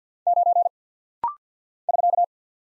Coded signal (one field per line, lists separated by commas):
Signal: Morse code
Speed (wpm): 50 wpm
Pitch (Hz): 700 Hz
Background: none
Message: 9 <SK>